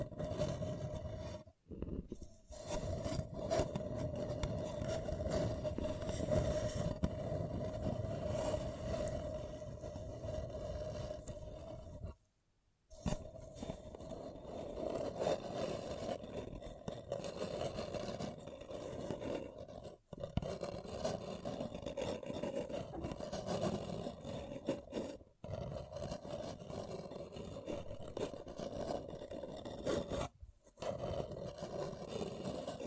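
Paper cup tingles: dense, continuous rustling and scraping on a paper cup, with a steady low tone running underneath. The rubbing stays busy and fairly even, broken by brief silent gaps near 2, 12, 20, 25 and 30 seconds.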